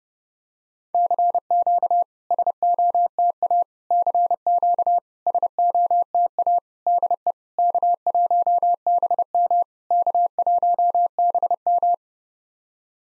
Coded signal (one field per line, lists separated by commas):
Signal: Morse code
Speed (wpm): 30 wpm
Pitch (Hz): 700 Hz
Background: none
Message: CQ SOTA CQ SOTA DE K1BM K1BM